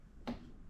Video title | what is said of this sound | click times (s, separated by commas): How To Do Basic Push Mower Maintenance - Toro Recycler Model 21465 | Take your spark plug boot, slide it over top until you feel it click. | 0.3 s